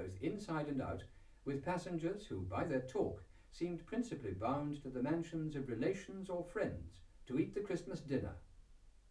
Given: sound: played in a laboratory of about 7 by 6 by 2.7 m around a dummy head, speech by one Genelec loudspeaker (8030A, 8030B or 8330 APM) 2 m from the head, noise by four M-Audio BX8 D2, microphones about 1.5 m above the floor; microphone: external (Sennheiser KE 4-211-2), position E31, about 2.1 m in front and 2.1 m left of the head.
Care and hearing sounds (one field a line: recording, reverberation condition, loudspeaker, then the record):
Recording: male speech in English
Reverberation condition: low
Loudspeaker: 120 degrees to the right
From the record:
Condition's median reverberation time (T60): about 310 ms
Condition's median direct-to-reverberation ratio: about 3.5 dB